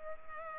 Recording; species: mosquito wingbeat signal from an infrared sensor; Culex pipiens